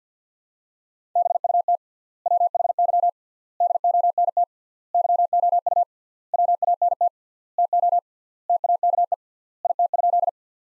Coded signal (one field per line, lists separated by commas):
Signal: Morse code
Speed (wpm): 50 wpm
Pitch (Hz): 700 Hz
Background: none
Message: BUT WHY DONT YOU WANT TO TAKE IT?